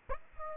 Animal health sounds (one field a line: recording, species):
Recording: mosquito wingbeat signal from an infrared sensor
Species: Aedes aegypti